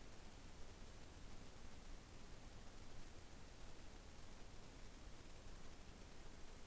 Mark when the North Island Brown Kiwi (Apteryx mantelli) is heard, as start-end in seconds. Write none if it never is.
none